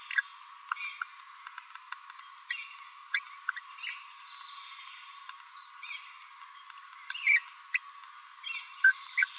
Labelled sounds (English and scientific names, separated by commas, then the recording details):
Green-rumped Parrotlet (Forpus passerinus) babbling
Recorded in a nest box in Venezuela
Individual 18B17A3